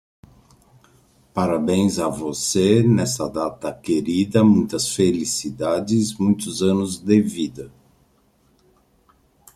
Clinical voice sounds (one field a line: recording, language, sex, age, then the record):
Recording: short text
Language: Brazilian Portuguese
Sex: male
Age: 50 to 59 years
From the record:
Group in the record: control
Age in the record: 55 years